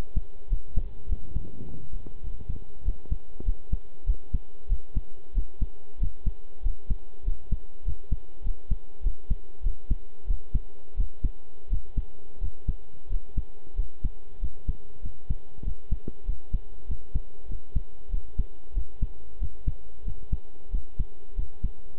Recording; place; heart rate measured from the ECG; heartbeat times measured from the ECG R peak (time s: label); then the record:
heart sounds by stethoscope; between the tricuspid and mitral areas; 95 bpm
0.48 s: heartbeat
1.07 s: heartbeat
1.64 s: heartbeat
2.22 s: heartbeat
2.84 s: heartbeat
3.44 s: heartbeat
4.05 s: heartbeat
4.68 s: heartbeat
5.33 s: heartbeat
5.98 s: heartbeat
6.62 s: heartbeat
7.24 s: heartbeat
7.84 s: heartbeat
8.43 s: heartbeat
9.02 s: heartbeat
9.62 s: heartbeat
10.26 s: heartbeat
10.95 s: heartbeat
11.68 s: heartbeat
12.39 s: heartbeat
13.08 s: heartbeat
13.75 s: heartbeat
14.39 s: heartbeat
15.01 s: heartbeat
15.63 s: heartbeat
16.24 s: heartbeat
16.86 s: heartbeat
17.47 s: heartbeat
18.09 s: heartbeat
18.73 s: heartbeat
19.38 s: heartbeat
20.03 s: heartbeat
20.70 s: heartbeat
21.34 s: heartbeat
21.98 s: heartbeat
From the record:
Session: pedaling a stationary bicycle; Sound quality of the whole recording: good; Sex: male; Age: 23 years